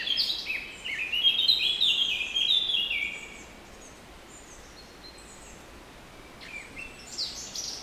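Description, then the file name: Eurasian blackcap song: one lively warbled phrase descending in quick steps over three seconds, followed by silence and a short high phrase near the end. "Sylvia atricapilla"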